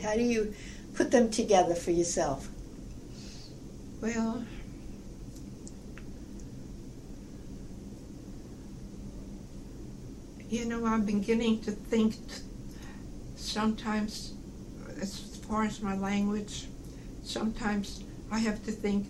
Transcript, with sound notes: How do you put them together for yourself?
Well, [pause] you know I'm beginning to think sometimes, as far as my language, sometimes I have to think,